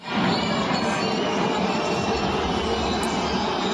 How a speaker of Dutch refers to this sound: Dit is Parijs. Lionel Messi werd hier niet toegejuicht, maar uitgefloten.